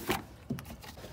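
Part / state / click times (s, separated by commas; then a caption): rubber intake boot onto the air intake piping / not seated / none. A rubber intake boot is being pressed onto the air intake piping of a Banks ram air intake system 42210 on a 1999–2003 7.3L Ford Super Duty. Two brief handling sounds are heard, a broadband rustle near 0.1 s and a short sharp tick near 0.6 s, over low background noise. The boot is still being handled, and nothing has seated or snapped in yet.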